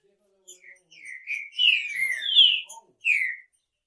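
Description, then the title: Green-winged Saltator singing one short, warbled whistled phrase that wavers and falls, ending with a separate downslurred note. "Trinca Ferro"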